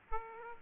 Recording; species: mosquito wingbeat signal from an infrared sensor; Aedes aegypti